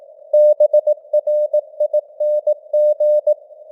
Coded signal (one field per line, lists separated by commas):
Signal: Morse code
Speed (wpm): 18 wpm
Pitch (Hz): 600 Hz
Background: none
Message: BRING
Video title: Morse Code News | 2025-11-25 | 18wpm